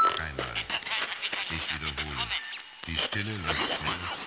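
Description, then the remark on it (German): Garbled, crackly voices chatter in short bursts with a thin, band-limited radio tone and hiss, coming from a mobile phone in a coat pocket that is suddenly acting like a radio receiver, broken by a brief pause before the jumbled talking resumes. “Das reagiert plötzlich wie ein Empfangsgerät. Was ist denn das? Amateurfunkergequatsche?”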